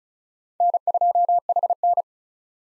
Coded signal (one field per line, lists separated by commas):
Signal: Morse code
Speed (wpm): 47 wpm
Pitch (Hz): 700 Hz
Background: none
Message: N2HN